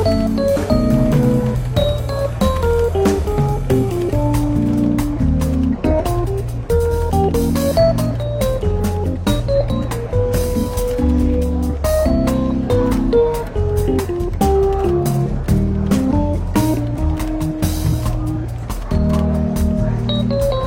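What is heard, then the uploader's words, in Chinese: Soft, relaxed jazz plays steadily through a lightly busy London bookshop café, its warm low bass line and clear melodic notes moving at an easy, regular pace. Frequent small clinks and brief bright taps scatter throughout, with faint murmured voices underneath. 伦敦书店咖啡馆轻微喧闹氛围与柔和轻松的爵士背景音乐。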